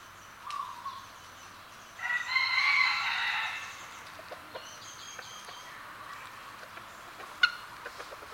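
Red junglefowl crow, one short harsh burst, followed by thin high chirping from small birds and a sharp click near the end.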